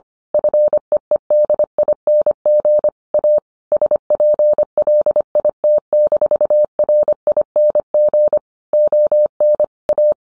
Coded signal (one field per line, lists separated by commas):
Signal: Morse code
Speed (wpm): 25 wpm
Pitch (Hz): 600 Hz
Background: none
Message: FEEDING A SPLIT-RING ON A